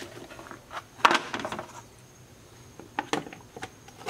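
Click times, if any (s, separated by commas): none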